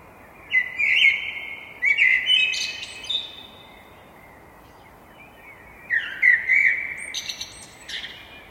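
Blackbirds calling: bursts of whistled, wavering notes and high buzzy squeaks, with a quieter gap midway, over a steady hiss.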